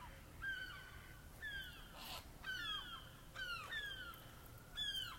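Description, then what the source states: Gulls calling repeatedly, several falling, wailing cries overlapping in quick succession against quiet background noise. Morning at the Blessington Basin, a small quiet secluded park in Dublin.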